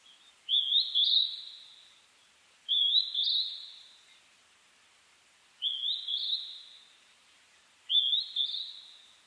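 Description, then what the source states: Northern hawk-cuckoo repeating a sharp, high whistled two-note phrase four times, the second note higher than the first. Recorded at night, 02:26 on 2 June 2010.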